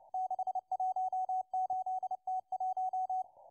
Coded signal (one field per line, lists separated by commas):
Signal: Morse code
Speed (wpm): 29 wpm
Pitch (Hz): 750 Hz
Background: radio noise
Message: 618T1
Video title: 11139kHz CW Russian Morse Number Station M12 (08.04.2024)